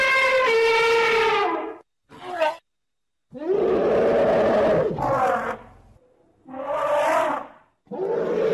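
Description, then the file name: Elephant trumpets with a clear brassy blast, followed by several harsh roaring bursts and shorter tonal calls separated by brief silences. "Tieng voi keu"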